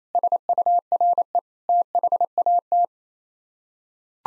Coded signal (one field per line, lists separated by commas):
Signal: Morse code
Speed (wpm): 28 wpm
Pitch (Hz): 700 Hz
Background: none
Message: SURE THAT